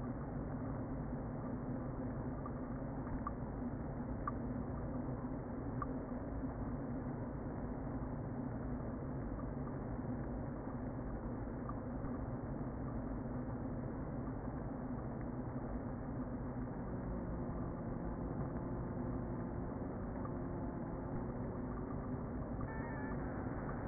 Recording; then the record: honeybee colony, microphone inside the hive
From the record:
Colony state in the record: queen present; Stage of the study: before two queens were removed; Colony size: about 60,000 bees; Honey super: yes